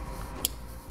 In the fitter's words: two plug them into each other make sure they lock into place